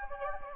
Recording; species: mosquito wingbeat signal from an infrared sensor; Anopheles gambiae